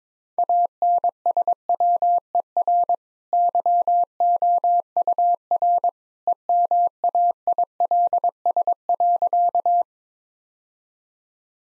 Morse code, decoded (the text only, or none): ANSWER YOUR EMAILS.